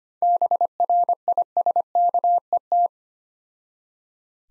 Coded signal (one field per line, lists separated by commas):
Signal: Morse code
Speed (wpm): 25 wpm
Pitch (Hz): 700 Hz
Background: none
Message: BRISKET